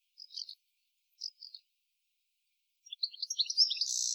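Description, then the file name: European goldfinch calls: two brief tinkling notes, a pause, then a rapid, liquid twittering burst building toward the end, with no other sounds. "Carduelis carduelis"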